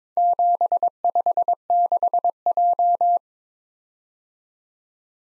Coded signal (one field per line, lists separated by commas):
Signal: Morse code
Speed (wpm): 22 wpm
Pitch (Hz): 700 Hz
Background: none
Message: 756J